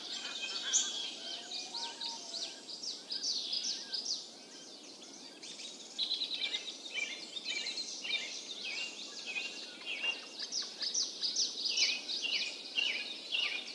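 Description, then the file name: Many birds calling at once: high twittering, short whistled notes and sliding chirps, with a brief quieter lull before the chorus returns. Birds calling in a mountain forest. "Tieng chim keu trong rung nui"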